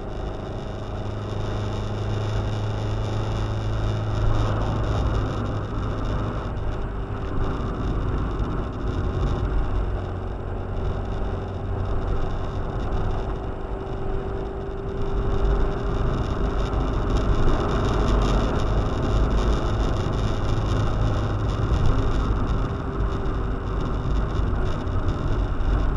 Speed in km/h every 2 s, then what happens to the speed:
80, 81, 83, 81, 71, 70, 72, 75, 78, 79, 80, 80, 70.
0-5 steady at about 81. 5-9 slows to 70. 9-22 speeds up to 80. 22-26 slows to 70.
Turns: none.